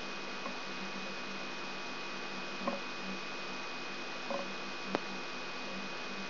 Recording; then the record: brain microelectrode recording played as sound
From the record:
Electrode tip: outside the subthalamic nucleus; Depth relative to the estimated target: -4 mm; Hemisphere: right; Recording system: AlphaMap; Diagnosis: Parkinson's disease